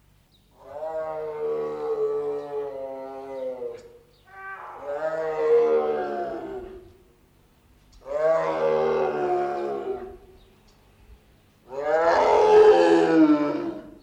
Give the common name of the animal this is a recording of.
Tiger